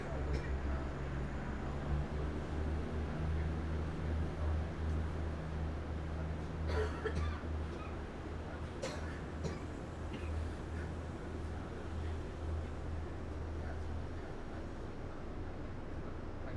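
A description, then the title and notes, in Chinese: A local express train running from Nangang to Qidu, heard as a steady low rumble with a constant hum near the bottom throughout. Faint voices murmur underneath, and a few brief clicks and knocks stand out between about 7 and 10 seconds. 2042區間快車 南港-七堵。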